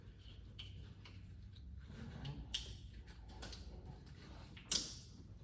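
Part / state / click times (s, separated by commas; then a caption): ignition coil onto spark plug / seated / 2.5 s, 4.7 s. A rubber-and-plastic ignition coil boot on a Mercedes-Benz R-Class W251 is pushed down onto its spark plug after dielectric grease is applied. Faint ticks and handling noises lead to a sharp snap at 2.5 s and a second, louder snap at 4.7 s as the coil seats in place.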